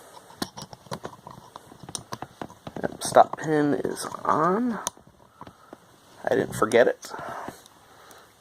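While reassembling a Kershaw Launch folding knife, someone works the blade around the pivot in the handle, a fiddly job that needs pivoting to seat properly. Short, sharp metal handling ticks are heard while someone talks. Nothing has seated or clicked yet.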